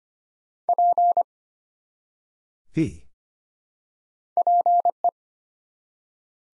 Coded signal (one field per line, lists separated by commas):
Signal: Morse code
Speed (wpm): 25 wpm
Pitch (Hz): 700 Hz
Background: none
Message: P PE